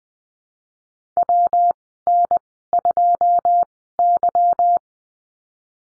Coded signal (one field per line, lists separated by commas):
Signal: Morse code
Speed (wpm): 19 wpm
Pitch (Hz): 700 Hz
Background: none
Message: W N 2 Y